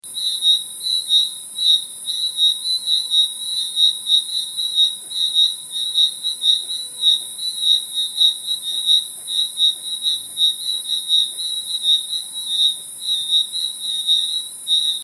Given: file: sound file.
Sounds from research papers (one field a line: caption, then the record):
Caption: Sample of a second dusk chorus in the degraded Ngumburuni forest. 6th April 2007, 28°C, 84% h.r. 170 Hz high-pass filtered to remove noise due to wind.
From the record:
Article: Rapid Acoustic Survey for Biodiversity Appraisal